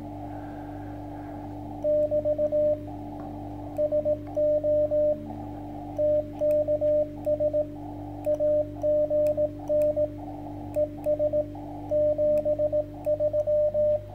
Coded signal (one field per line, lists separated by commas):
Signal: Morse code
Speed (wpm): 17 wpm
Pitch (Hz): 590 Hz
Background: radio noise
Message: <BT> SO TKS AGN ES 73